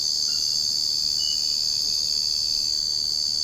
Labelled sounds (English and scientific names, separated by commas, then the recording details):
none
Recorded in secondary vegetation near Puerto Asís, Putumayo, Colombia, on 13 March 2025 at 03:00
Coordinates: 0.502, -76.326
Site G100